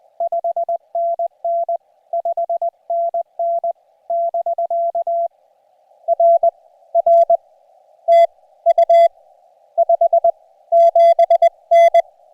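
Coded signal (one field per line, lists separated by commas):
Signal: Morse code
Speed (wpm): 19 wpm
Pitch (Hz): 680 Hz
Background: none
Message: 5NN 5NN <BK> RR TU 57N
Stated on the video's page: Summits on the Air activations on three summits using an Elecraft KX2.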